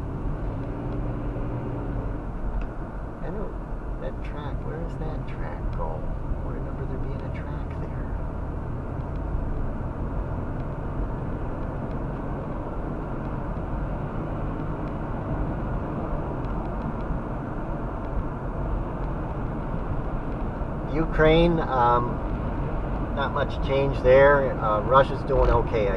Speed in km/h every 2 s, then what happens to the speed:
45, 48, 47, 52, 56, 61, 68, 71, 69, 66, 66, 66, 69.
0-5 steady at about 47. 5-13 speeds up to 71. 13-26 steady at about 66.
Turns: none.